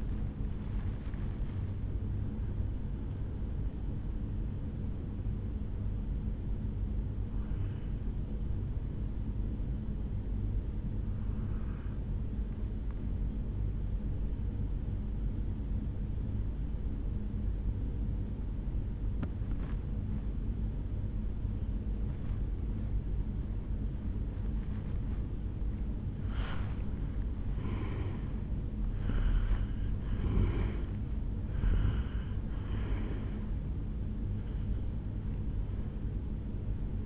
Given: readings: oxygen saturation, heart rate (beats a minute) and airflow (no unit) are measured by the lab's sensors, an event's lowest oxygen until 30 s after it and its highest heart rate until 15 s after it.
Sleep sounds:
breathing in sleep by a smartphone at the bedside; 1
3.00-24.50 s: hypopnea (N1, oxygen 98% highest, then 87% lowest, heart rate 72 at the start, 73 highest)
33.00-37.06 s: new sleep stage, N2 (light sleep)
From the record:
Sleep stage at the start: N1 (lightest sleep); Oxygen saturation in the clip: 89 to 99%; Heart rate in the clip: 61 to 73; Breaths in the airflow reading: 6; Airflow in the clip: -7.2 to 5.8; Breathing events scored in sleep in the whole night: 449 in 7.0 hours asleep

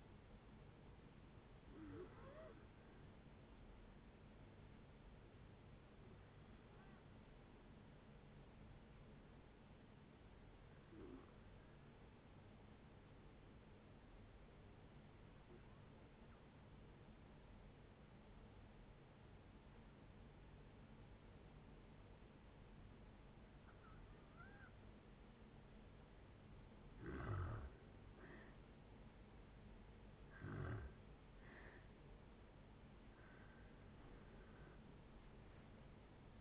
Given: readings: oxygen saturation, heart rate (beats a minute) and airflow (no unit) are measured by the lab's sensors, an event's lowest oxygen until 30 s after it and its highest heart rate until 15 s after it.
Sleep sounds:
breathing in sleep by a voice recorder at the bedside; 1
3.00-28.90 s: hypopnea (N2, oxygen 96% highest, then 86% lowest, heart rate 66 at the start, 79 highest)
35.00-36.41 s: new sleep stage, N1 (lightest sleep)
From the record:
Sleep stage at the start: N2 (light sleep); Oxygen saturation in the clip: 79 to 96%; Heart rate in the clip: 57 to 78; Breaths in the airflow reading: 7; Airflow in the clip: -6.5 to 11.5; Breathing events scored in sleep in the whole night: 496 in 5.4 hours asleep

